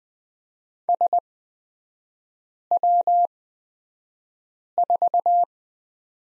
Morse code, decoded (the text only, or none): SW4